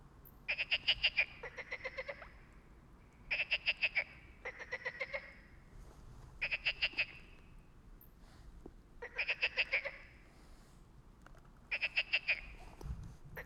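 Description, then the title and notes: Frogs give quick rattling croak bursts at short intervals, separated by quiet pauses. Frogs calling all night at a small pond by the Loire near Bréhémont, France; ignored recordist's attempts but call when distant freight trains pass; Oktava MK012 ORTF, SD MixPre, Zoom H4n. "37130 Bréhémont, France - Trying to communicate with Frogs. Nous avions établis le camp à coté d'un étang peuplé de grenouilles qui se sont mise à chanter toute la nuit. Elles se mettent cependant à chanter lorsqu'un train de marchandises passe au loin. A little pond next to the river Loire"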